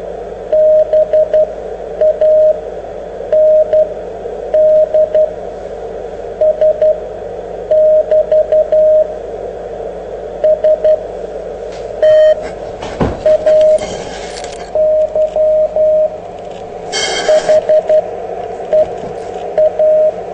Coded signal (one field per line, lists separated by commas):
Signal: Morse code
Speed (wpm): 12 wpm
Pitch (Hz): 620 Hz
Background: radio noise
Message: BANDS <BT> STAY HEA